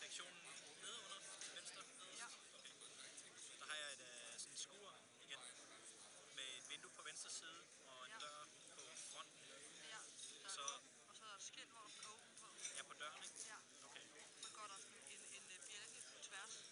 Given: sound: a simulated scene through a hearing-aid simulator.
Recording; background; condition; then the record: conversation; cafeteria; 0 dB SNR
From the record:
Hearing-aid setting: IV (slow-acting compression, loudness normalization); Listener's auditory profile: B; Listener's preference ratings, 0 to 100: 49, 41, 31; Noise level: 65 dB SPL